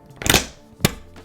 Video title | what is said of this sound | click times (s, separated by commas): Monos Metro BackPack Review! -DISCOUNT CODE - | it's i'm sure you heard the snaps it snapped back on | 0.3 s, 0.9 s